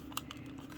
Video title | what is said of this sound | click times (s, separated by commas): ryobi buck boost | That wasn't a very positive click going in there. | 0.2 s